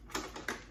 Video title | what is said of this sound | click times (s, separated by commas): Hauswirt LCD stand mixer HM740 review // Plus 2 recipes // Detailed video | Until you hear a click | 0.5 s